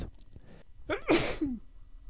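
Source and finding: Adult man. Sneeze.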